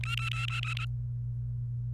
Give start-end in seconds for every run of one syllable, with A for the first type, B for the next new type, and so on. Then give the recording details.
0.04-0.85 A. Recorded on 28 April 2018 at 15:42. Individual llb3